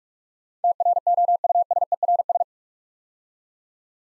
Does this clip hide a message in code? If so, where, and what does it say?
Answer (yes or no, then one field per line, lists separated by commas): yes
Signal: Morse code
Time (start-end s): 0.6-2.4 s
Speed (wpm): 44 wpm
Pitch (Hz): 700 Hz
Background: none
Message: TROUSERS